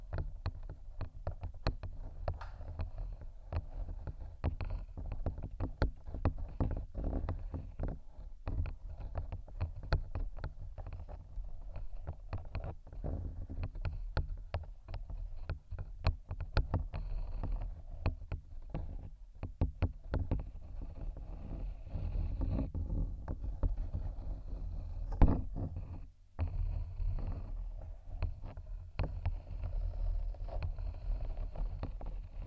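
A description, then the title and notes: Dense, rapid scratching crackles almost without pause over a heavy low rumble, with one sharp knock near 25 seconds and a brief hush after. ASMR scratching For Sleep & Study（No Talking）.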